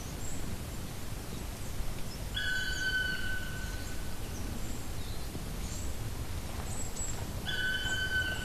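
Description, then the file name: Black woodpecker calling twice about five seconds apart, each call a long, clear note, with faint high twitters in the background. "patrick franke-schwarzspecht-black woodpecker-dryocopus martius"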